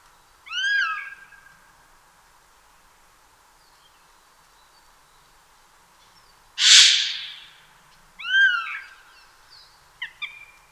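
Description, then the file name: Eurasian jay giving downslurred mewing calls, a loud harsh rasping screech in the middle, then more mews and short notes at the end. "Garrulus glandarius"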